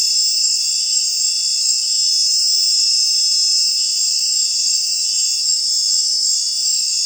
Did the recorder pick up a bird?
no